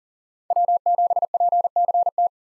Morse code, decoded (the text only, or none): W7PCT